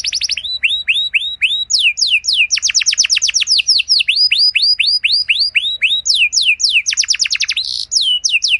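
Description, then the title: Belgian canary singing a series of sweeping downward notes, each tour repeated rapidly before switching to a new pattern, with a short rasping burst near the end. Song with luxurious phrasing, played to warm up other canaries so they answer at once and sing at length. "Canto Para Esquentar Canário Belga. Suara Burung Kenari Lagu dan Cengkok Mewah Buat Kenari Lain Bakal Langsung Nyaut Gacor Panjang"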